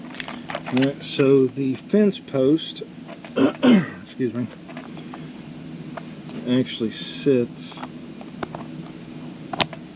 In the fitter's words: in there now it does click into place